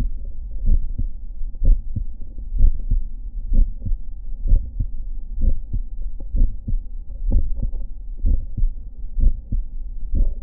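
Adult heart by stethoscope, an atypical auscultatory sign of mitral valve prolapse: several extra systolic clicks follow closely after the first heart sound, giving it a scraping, crunching quality.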